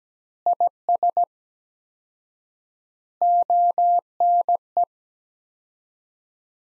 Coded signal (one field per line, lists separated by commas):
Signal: Morse code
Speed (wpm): 17 wpm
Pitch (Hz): 700 Hz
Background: none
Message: IS ONE